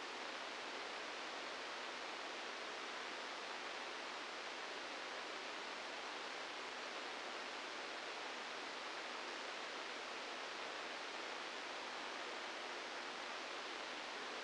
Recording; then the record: brain microelectrode recording played as sound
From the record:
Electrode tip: outside the subthalamic nucleus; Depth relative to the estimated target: 1 mm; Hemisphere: left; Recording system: NeuroSet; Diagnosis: Parkinson's disease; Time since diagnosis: 15 years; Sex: female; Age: 59 years